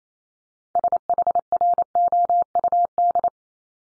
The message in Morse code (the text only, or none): SHROUD